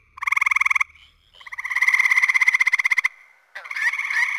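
Gray treefrog trilling: a short pulsed trill, a longer trill lasting about a second and a half, then another trill starting near the end.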